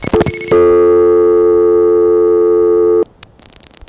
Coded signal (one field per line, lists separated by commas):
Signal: telephone call progress tone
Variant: North America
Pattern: dial tone